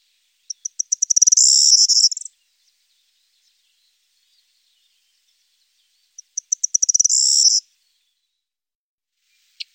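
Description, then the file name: Corn bunting singing two songs, each opening with spaced clicks that quicken into a glassy, jingling high trill lasting over a second, with silence between. "Grauammer"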